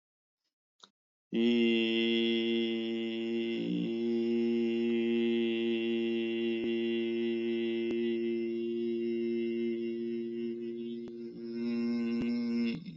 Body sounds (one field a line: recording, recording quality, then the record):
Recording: sustained vowel as in beet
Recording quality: excellent, no background noise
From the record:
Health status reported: exposed to COVID-19, no respiratory illness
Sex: male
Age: 49 years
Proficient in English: yes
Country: United States